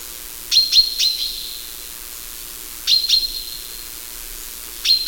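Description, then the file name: Common chaffinch calls: short, sharp high notes in clusters of two or three, each cluster about two seconds apart, over a quiet background. "Fringilla coelebs"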